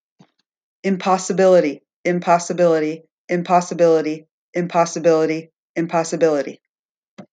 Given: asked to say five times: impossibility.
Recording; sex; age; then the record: repeated word; female; 40 to 49 years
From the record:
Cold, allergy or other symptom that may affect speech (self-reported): no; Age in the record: 46 years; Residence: Florida, United States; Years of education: 18